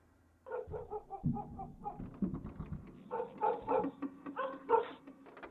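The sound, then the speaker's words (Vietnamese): A dog barks over and over in a steady, nagging string of mid-pitched woofs and yips, echoing from somewhere in a village at night with no voices present. “Chẳng biết đã thiếp đi bao lâu, cho đến khi có tiếng chó sủa nhấm nha nhấm nhằng ở trong làng vọng ra, làm cho thằng Tấn mơ hồ giật mình thức giấc.”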